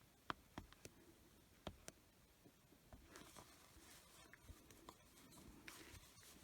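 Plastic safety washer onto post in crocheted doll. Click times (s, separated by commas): 0.3 s, 0.8 s, 1.9 s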